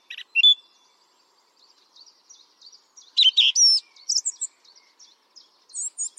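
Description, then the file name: Song thrush song: varied phrases ending in a rapid set of three repeated high notes, with softer twittering between phrases. "Pevchij drozd - Pesnya pevchego drozda"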